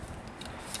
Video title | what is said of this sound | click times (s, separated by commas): 2008 Ford Explorer 4.0 overheating diagnosis and repair how to replace thermostat and water pump | It's just a clip and it pops into place. | 0.7 s